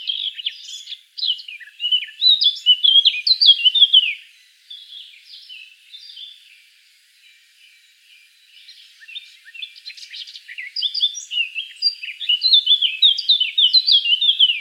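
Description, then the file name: Eurasian blackcap singing fast, jumbled warbles of mixed squeaky and fluty notes, fading to soft chatter midway before building again into a loud, lively warble. "Sylvia atricapilla"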